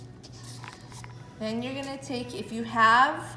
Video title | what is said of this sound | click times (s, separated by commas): DIY Clocks Kit Directions | it's going to be really floppy you want to push it down and you'll hear a little click | 1.0 s